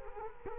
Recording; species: mosquito wingbeat signal from an infrared sensor; Culex quinquefasciatus